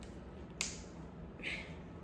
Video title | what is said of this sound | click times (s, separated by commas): UNC Tar Heels Speedflex build | remember you've got to hear that click or oh this face mask might come off when you're playing and | 0.6 s